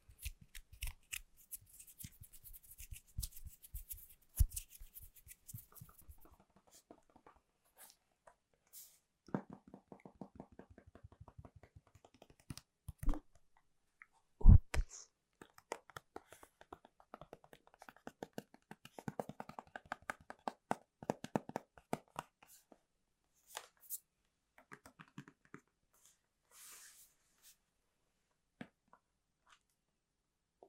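Tapping on Apple gear and product boxes, with quick bursts of fingertip taps and scratchy brushing that come and go across the half minute. The pace shifts from fast clusters to sparser single clicks, with one sharp knock near fifteen seconds.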